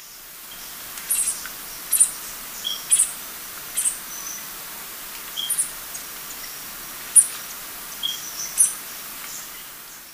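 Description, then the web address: Beryl-spangled Tanager calls: soft, high-pitched tsit notes, single or doubled, spaced about a second apart over a faint hiss. Recorded in Ecuador. "Birds of Ecuador. Beryl-spangled Tanager"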